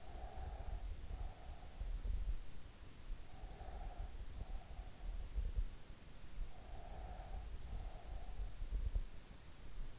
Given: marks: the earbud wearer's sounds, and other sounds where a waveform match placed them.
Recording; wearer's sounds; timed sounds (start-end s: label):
sounds in sleep by an in-ear microphone; breath
0.00-2.04 s: breath
3.34-5.41 s: breath
6.74-8.93 s: breath